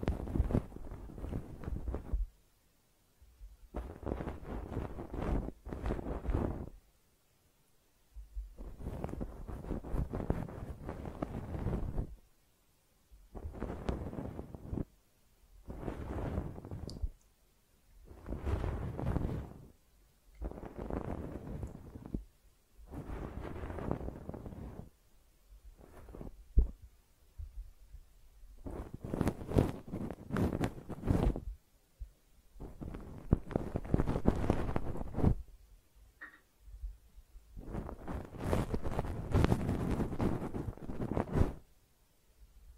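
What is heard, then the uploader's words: Close-up ear cleaning: repeated bursts of loud, low rustling scraping right at the microphone, each a second or two long, separated by brief silences. ASMR Personal Attention Close Up Ear Cleaning (No Talking).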